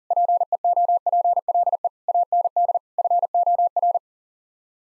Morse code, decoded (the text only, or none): PEOPLE AND FOR